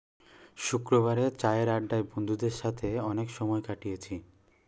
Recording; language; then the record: elicited speech; Bengali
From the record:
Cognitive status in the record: cognitively healthy